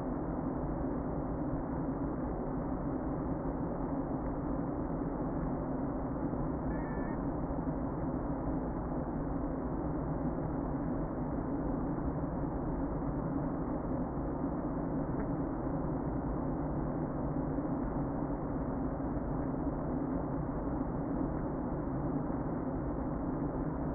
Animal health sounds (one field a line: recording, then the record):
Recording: honeybee colony, microphone inside the hive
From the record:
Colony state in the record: queen present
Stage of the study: before two queens were removed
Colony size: about 60,000 bees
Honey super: yes